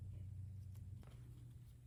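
While reassembling an angle grinder, the carbon brush housing is handled and pressed toward the motor body, with a steady low rumble and faint handling taps. Nothing has seated or clicked yet in this clip.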